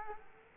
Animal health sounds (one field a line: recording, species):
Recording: mosquito wingbeat signal from an infrared sensor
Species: Culex quinquefasciatus